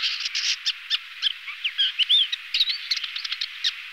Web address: lanius tigrinus